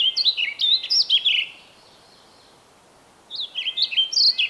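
Bird song: rapid bursts of sweet, slurred whistled notes swooping between high and mid pitch, a pause, then another phrase begins.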